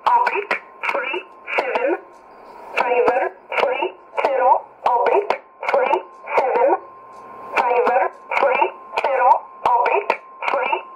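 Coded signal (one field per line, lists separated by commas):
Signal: numbers station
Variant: E11 Oblique, English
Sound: female-sounding voice reading about 16 short evenly spaced words, with a steady background whistle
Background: radio static, heterodyne whistle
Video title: 05 04 2017 Numbers station E11 Oblique in English to Eu 0902 on 9399 in USB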